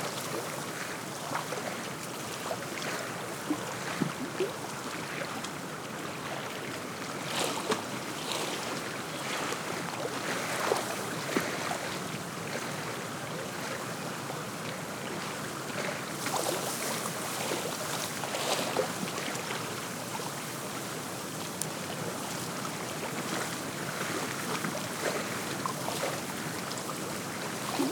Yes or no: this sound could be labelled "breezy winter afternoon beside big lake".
yes